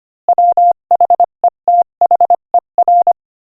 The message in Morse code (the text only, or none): WHETHER